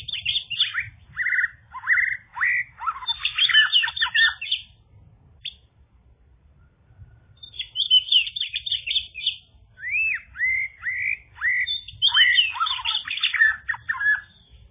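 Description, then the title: Bird song: dense, rapid twittering chirps in busy bursts, a quiet gap of a few seconds, then more sliding, repeated chirps. "kikicau"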